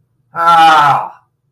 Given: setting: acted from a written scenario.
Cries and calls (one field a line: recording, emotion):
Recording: vocal sound without words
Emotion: negative surprise